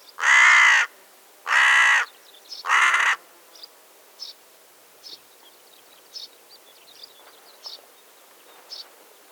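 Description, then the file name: Carrion crow giving three harsh, rasping caws in quick succession at the start, followed by soft, scattered high chirps from small birds. "Corvus corone"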